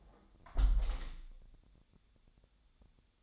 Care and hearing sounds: daily activity, microphone in the room; close window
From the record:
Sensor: 3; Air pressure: 1014.8 hPa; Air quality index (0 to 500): 76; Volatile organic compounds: 2 ppm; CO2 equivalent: 1028 ppm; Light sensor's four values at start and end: 9/22/9/9 and 9/22/9/9

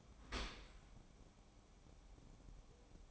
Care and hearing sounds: daily activity, microphone in the room; open dishwasher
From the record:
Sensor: 1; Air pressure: 1012.3 hPa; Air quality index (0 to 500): 170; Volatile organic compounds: 3 ppm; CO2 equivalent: 1386 ppm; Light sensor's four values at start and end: 354/788/354/382 and 356/792/356/384

